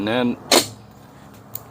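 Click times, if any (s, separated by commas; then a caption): 1.6 s. Someone talks while the front brake drum of a Honda FL350 ATV is pushed onto the wheel hub over the brake shoes, with a brief broadband rustle around 0.5 s. A single sharp hit at 1.6 s marks the drum popping into place and seating.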